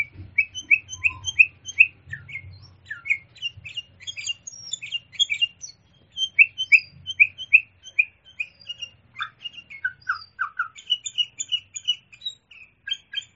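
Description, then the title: Sooty-headed bulbul song of quick, repeated chirping notes and downslurred whistles in long busy runs, with a soft low rumble in the background. "kutilang"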